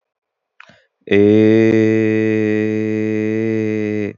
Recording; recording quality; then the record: sustained vowel as in made; excellent, no background noise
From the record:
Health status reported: exposed to COVID-19, no respiratory illness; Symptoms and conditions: cold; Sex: male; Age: 22 years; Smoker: not ticked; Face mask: worn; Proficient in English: yes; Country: India